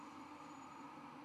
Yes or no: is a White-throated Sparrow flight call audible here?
no